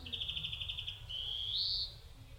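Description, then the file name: European greenfinch giving a brief rapid trill that runs straight into a long nasal wheeze rising at the end, low hum in the background. "Chloris chloris"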